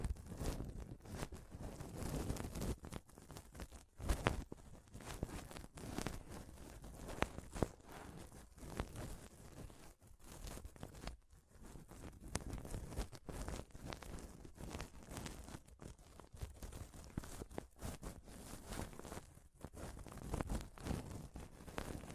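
Rough, continuous mic scratching and touching fills the whole clip, dense and uneven, with heavy low rumble and brief sharp bursts. Short pauses break it up around 4, 11 and 19 seconds before the rubbing resumes just as thickly.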